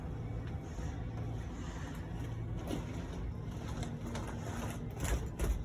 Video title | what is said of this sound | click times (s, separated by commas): 2018 JAYCO 29RKS 13310A | So there you go, you heard those clicks, you know it's fully extended. | 3.8 s, 4.2 s, 5.4 s